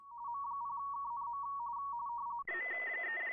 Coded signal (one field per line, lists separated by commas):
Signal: RTTY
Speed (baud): 45.45 baud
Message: M0KNM